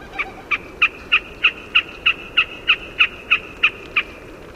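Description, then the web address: Wilson's snipe giving a rapid run of identical clipped call notes, roughly three per second, thirteen notes in a steady, regular rhythm. North America. "Songs of Birds of North America Know Your Bird Sounds. Wilsons Snipe"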